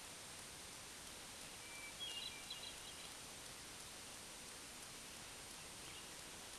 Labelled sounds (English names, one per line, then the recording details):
Hermit Thrush song
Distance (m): 20 m
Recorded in a Pennsylvania forest on 3 June 2023 at 07:42
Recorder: AudioMoth, point grid3_5_high
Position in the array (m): 7 m, 85 m